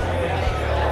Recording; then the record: background sound without coughing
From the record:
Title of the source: CITY SOUNDS Busy Bar in the Evening Night - 2 HOURS of Ambiance for Relaxation